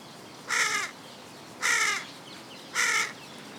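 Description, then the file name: Carrion crow giving three harsh, hoarse caws, each under half a second long, spaced roughly one second apart over quiet background hiss. "Corvus corone"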